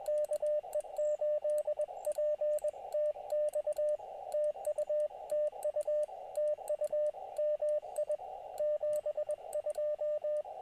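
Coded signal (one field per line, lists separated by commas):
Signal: Morse code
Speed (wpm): 20 wpm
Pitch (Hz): 600 Hz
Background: radio noise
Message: KE8PTX TUTU TU MI 72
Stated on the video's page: Live QRP POTA CW activation, Elecraft KX2 at 5 watts into an EFHW antenna, battery powered, calling CQ mainly on 20 metres.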